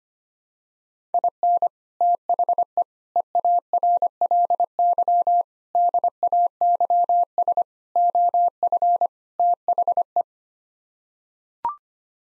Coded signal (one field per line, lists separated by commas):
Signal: Morse code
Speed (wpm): 25 wpm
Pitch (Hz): 700 Hz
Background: none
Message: IN THE EARLY DAYS OF THE